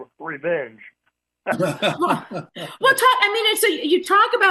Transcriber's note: laughs